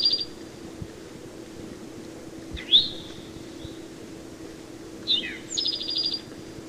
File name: Eastern Towhee